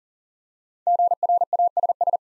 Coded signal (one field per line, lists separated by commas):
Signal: Morse code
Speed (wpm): 40 wpm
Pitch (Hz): 700 Hz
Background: none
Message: GRASS